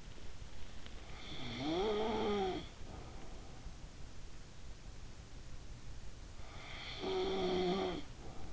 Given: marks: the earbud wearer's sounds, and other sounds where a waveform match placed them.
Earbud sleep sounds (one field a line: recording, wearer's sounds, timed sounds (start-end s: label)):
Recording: sounds in sleep by an in-ear microphone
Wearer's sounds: snoring breath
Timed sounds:
0.87-3.12 s: snoring breath
6.49-8.53 s: snoring breath